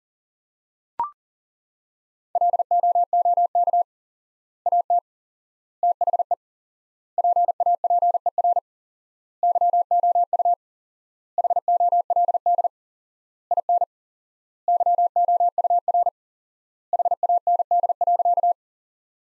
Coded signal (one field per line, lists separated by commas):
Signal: Morse code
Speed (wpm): 40 wpm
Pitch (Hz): 700 Hz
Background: none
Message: LOOK AT THE PAPER YOU HOLD IN YOUR HAND.